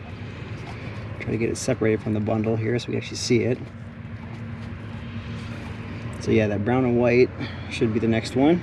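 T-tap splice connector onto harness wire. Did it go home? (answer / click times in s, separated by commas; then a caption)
no / none. A T-tap splice connector is being handled at the brown-and-white wire in a truck's wiring harness while someone talks over a steady low hum. Nothing has seated or clicked yet; the connector has not snapped closed by the end of the clip.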